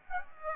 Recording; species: mosquito wingbeat signal from an infrared sensor; Aedes aegypti